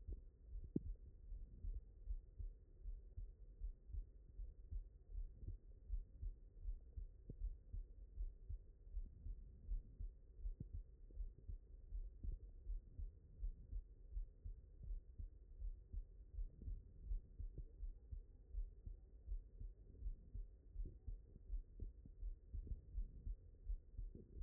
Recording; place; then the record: heart sounds by stethoscope; mitral valve (MV)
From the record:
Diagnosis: non-HFrEF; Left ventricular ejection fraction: 70%